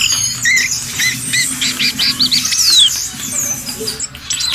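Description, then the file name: Orange-headed thrush song: clear whistled phrases and short slurred notes repeated in quick groups, over steady low background noise. "audio garhering anis merah"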